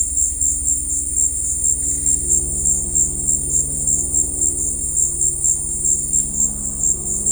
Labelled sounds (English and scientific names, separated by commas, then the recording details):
none
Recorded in dense forest near Puerto Asís, Putumayo, Colombia, on 19 February 2024 at 15:00
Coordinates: 0.484, -76.317
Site G6464